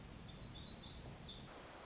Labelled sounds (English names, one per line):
Black-throated Gray Warbler